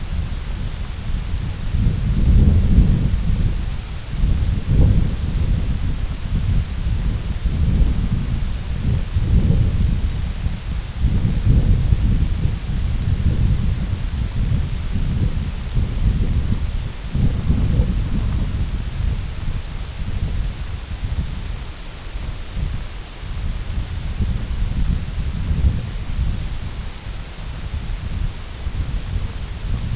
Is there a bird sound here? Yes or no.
no